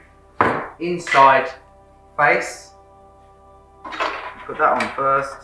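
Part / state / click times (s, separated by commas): drawer inner face panel onto drawer side fittings / not seated / none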